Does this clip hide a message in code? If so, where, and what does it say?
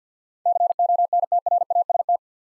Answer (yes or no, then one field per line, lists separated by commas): yes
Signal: Morse code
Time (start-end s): 0.5-2.2 s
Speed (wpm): 52 wpm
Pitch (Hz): 700 Hz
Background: none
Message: CONTRAST